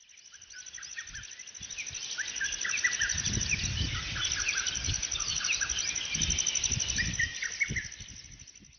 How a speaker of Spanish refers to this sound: Era un lugar muy pacífico, donde solo se escuchaba el trinar de los pájaros junto al canto de algunos insectos y los chapoteos de las graciosas ranas que había por allí.